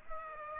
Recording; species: mosquito wingbeat signal from an infrared sensor; Aedes aegypti